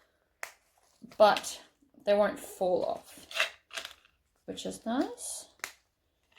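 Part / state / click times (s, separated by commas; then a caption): metal bag foot cap onto post through vinyl tote bottom / seated / 5.6 s. A metal bag foot cap is pressed onto its post through the vinyl bottom of a tote bag while someone talks. A sharp click is heard at 5.6 s as the cap seats onto the post, and all the feet are confirmed clicked in.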